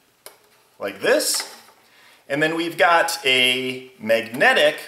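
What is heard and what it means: A waterproof cable connector is pushed together onto the watertight cylinder lead, giving a single sharp click at 0.3 s as it seats. Someone talks through the rest of the clip.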